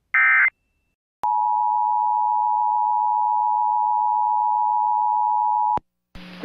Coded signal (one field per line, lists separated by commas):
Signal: Emergency Alert System (SAME) tones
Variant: 853 and 960 Hz attention tone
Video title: Lone Star Goodies! | EAS Alerts from April 28th, 2023 (EAS #2393-2417)